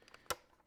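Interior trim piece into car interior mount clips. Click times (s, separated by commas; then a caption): 0.3 s. A replacement interior trim piece is lined up and pressed onto its mounting clips inside an S63 AMG. After two faint ticks at about 0.1 s, a sharp, loud snap at 0.3 s marks the trim seating into place.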